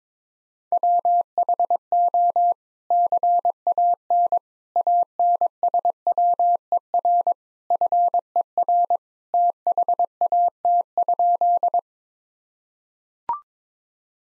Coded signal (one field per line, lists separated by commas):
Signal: Morse code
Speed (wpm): 22 wpm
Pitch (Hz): 700 Hz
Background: none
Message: WHO CAN ANSWER FER THAT?